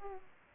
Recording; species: mosquito wingbeat signal from an infrared sensor; Aedes aegypti